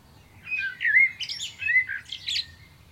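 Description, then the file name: Common blackbird singing a mellow, fluted warble of low whistled notes rising into a higher, squeaky twittering ending. "Turdus merula"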